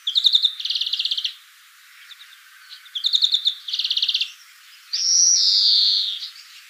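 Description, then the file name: European greenfinch giving fast rattling trills in short bursts, followed by a long harsh wheezing note near the end. "Chloris chloris"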